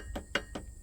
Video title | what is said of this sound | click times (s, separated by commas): Installing my StarLink internet router and antenna - SpaceX StarLink internet access equipment | line that up and just, did you hear it click in? | 0.4 s